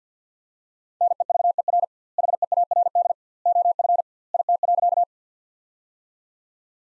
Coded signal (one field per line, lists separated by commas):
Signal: Morse code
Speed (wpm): 50 wpm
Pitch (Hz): 700 Hz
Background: none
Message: NEVER HEARD OF IT.